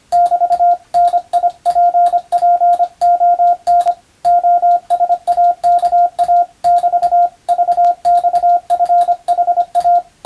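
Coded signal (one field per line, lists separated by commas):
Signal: Morse code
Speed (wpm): 25 wpm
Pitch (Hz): 700 Hz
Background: radio noise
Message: <BT> NIPPON OSAKA <BT> VXFHA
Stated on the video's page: Morse receiving practice for the Japanese radio operator national exam, recorded by a first-class radiotelegraph operator.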